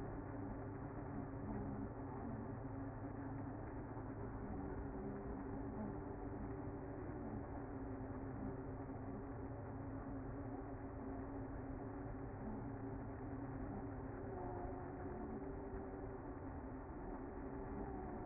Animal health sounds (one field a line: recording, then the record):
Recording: honeybee colony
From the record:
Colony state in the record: active